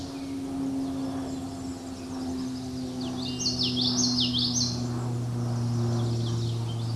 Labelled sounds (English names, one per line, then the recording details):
Common Yellowthroat song
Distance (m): 10 m
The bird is about 5 m above the microphone
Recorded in a Pennsylvania forest on 16 May 2024 at 08:06
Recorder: AudioMoth, point MSD-2061
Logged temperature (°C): 16.1 °C
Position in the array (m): 226 m, 181 m